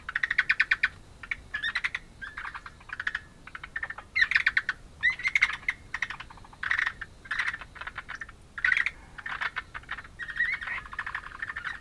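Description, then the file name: Ryukyu brown frog calls: short bursts of rapid, pulsed, rattling notes repeated at irregular intervals, with bird chirps over them. "Rana Kobai Is Calling"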